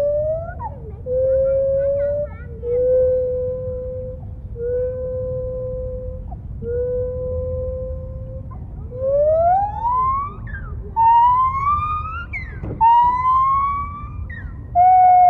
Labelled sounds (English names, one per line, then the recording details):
Lar Gibbon
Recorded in captivity
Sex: diverse
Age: adult
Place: Tierpark Berlin, Berlin, DE
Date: 1975-09-21 10:20
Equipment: Uher CR 210, Verstärker, Sennheiser MD 421, Uher 4200 Report Stereo
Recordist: Tembrock, Günter